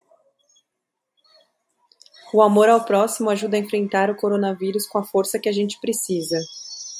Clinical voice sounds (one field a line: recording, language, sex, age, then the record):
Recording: spoken sentence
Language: Brazilian Portuguese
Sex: female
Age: 30 to 39 years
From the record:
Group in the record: control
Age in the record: 33 years